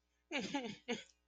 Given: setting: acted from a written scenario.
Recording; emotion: vocal sound without words; distress